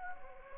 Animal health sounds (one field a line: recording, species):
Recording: mosquito wingbeat signal from an infrared sensor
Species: Anopheles gambiae